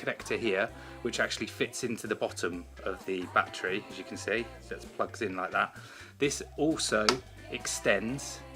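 Someone talks over background music while handling the retractable USB charging cable in its charger housing for a No-Match Seoul electronic cigarette, whose connector plugs into the bottom of the battery. The cable is being handled and extended, but nothing has seated or clicked into place yet.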